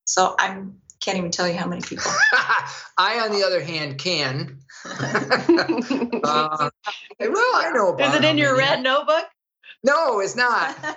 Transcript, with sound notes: So, I can’t even tell you how many people.
I, on the other hand, can (laughing)
Is it in your red notebook?
No, it’s not?